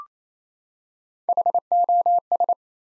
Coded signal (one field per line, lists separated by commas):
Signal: Morse code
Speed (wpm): 29 wpm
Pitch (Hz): 700 Hz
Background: none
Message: HOS